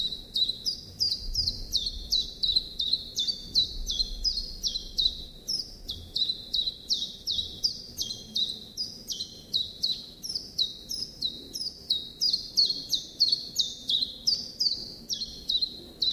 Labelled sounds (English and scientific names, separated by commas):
Common Chiffchaff (Phylloscopus collybita) song